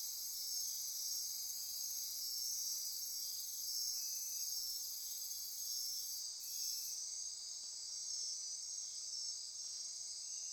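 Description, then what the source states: Insect chorus, constant high-pitched buzzing and trilling; a very high layer drops out partway through while the rest of the chorus continues. Insect chorus recorded at midnight near Corcovado.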